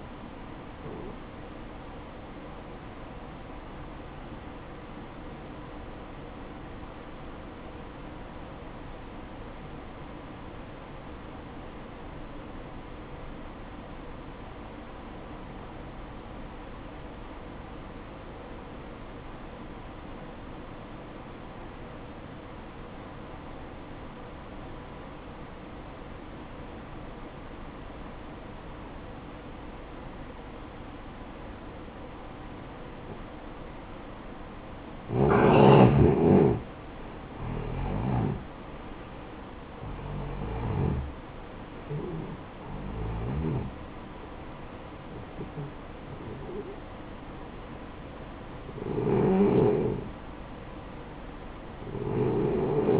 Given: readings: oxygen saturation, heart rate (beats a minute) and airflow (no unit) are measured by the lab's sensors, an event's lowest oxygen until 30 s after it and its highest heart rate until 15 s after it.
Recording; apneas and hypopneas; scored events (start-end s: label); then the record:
breathing in sleep by a voice recorder at the bedside; 1
9.00-32.60 s: obstructive apnea (N1, oxygen 95% highest, then 88% lowest, heart rate 56 at the start, 67 highest)
From the record:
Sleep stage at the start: N1 (lightest sleep); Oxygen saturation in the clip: 89 to 95%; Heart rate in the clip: 54 to 67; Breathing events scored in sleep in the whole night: 573 in 9.8 hours asleep